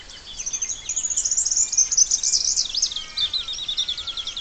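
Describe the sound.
Splendid fairywren song: a sustained, very high, rapid trill that wavers in pitch, with a few thin whistles from other birds.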